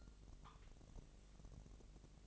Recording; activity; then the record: daily activity, microphone in the room; take from stove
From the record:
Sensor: 4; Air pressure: 1000.1 hPa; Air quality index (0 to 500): 226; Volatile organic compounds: 28 ppm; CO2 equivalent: 2923 ppm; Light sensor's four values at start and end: 9/20/8/8 and 9/20/8/7